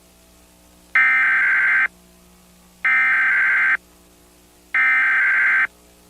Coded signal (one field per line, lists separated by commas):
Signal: Emergency Alert System (SAME) tones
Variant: header bursts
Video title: Nueva York (2001) EAS Alarm + EAS Alarm YouTube